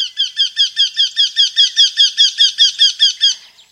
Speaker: Er heißt Wendehals, weil er seinen Hals um 180 Grad drehen kann.